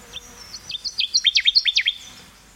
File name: connecticutwarbler